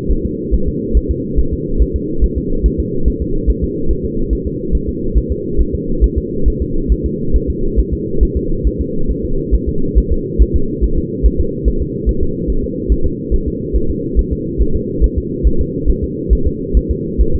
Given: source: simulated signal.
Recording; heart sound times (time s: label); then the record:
fetal heart sounds
0.11 s: S1
0.26 s: S2
0.54 s: S1
0.68 s: S2
0.97 s: S1
1.11 s: S2
1.39 s: S1
1.53 s: S2
1.82 s: S1
1.96 s: S2
2.24 s: S1
2.38 s: S2
2.66 s: S1
2.80 s: S2
3.08 s: S1
3.22 s: S2
3.50 s: S1
3.64 s: S2
3.91 s: S1
4.05 s: S2
4.33 s: S1
4.47 s: S2
4.75 s: S1
4.89 s: S2
5.17 s: S1
5.32 s: S2
5.61 s: S1
5.75 s: S2
6.04 s: S1
6.18 s: S2
6.48 s: S1
6.62 s: S2
6.92 s: S1
7.06 s: S2
7.36 s: S1
7.50 s: S2
7.79 s: S1
7.93 s: S2
8.23 s: S1
8.37 s: S2
8.67 s: S1
8.81 s: S2
9.11 s: S1
9.25 s: S2
9.55 s: S1
9.69 s: S2
9.98 s: S1
10.12 s: S2
10.42 s: S1
10.56 s: S2
10.84 s: S1
10.98 s: S2
11.26 s: S1
11.40 s: S2
11.68 s: S1
11.82 s: S2
12.09 s: S1
12.23 s: S2
12.50 s: S1
12.64 s: S2
12.92 s: S1
13.06 s: S2
13.34 s: S1
13.48 s: S2
13.76 s: S1
13.90 s: S2
14.19 s: S1
14.33 s: S2
14.62 s: S1
14.76 s: S2
15.04 s: S1
15.18 s: S2
15.47 s: S1
15.61 s: S2
15.90 s: S1
16.04 s: S2
16.33 s: S1
16.47 s: S2
16.77 s: S1
16.91 s: S2
17.21 s: S1
17.35 s: S2
From the record:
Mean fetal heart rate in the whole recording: 140 bpm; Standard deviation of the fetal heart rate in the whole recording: 2 bpm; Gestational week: 34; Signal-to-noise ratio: -8.1 dB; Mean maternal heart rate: 72 bpm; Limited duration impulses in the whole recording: absent